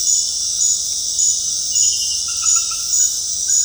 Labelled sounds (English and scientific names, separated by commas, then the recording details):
none
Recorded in dense forest near Puerto Asís, Putumayo, Colombia, on 21 February 2024 at 23:30
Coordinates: 0.485, -76.325
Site G6429